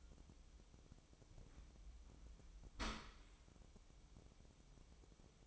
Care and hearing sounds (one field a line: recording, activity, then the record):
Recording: daily activity, microphone in the room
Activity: open dishwasher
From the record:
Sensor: 1